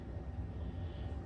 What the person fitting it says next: it doesn't click in there though but we'll sit there